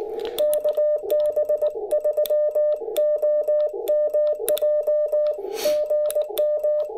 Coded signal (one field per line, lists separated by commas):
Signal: Morse code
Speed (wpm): 19 wpm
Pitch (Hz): 600 Hz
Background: none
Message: KB3OMJ GM